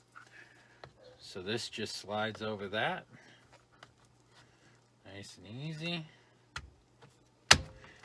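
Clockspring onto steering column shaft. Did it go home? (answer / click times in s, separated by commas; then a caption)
yes / 7.5 s. A replacement clockspring (spiral cable) for a 2002–2008 Toyota Corolla, Matrix or Vibe is slid over the steering column shaft and pushed until it locks into place. Someone talks, then there are a few small handling taps before a sharp, loud click at 7.5 seconds as the clockspring seats onto the column.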